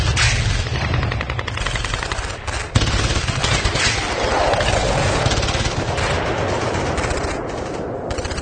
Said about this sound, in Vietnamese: Nhiều tràng đại liên trung liên rồi tiểu liên khác bùng nổ dữ dội,